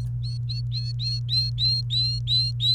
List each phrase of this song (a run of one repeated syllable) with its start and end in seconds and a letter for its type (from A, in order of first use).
0.23-2.74 A